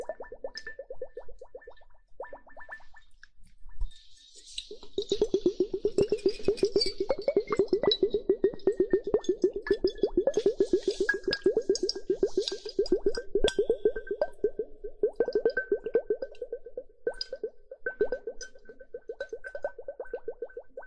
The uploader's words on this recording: Water droplets and hourglass, use various ear-picking tools to stimulate the inside and outside of the ear hole.